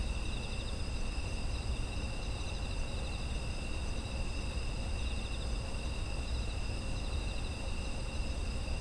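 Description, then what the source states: Insect chorus of constant high trills at several pitches, a faint rhythmic pulsing in one, with steady low-frequency rumble beneath. Autumn insects, environmental ambience.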